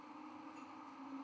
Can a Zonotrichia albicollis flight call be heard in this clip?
no